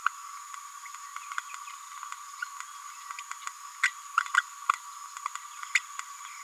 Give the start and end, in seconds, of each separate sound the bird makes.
3.83-3.88, 5.75-5.79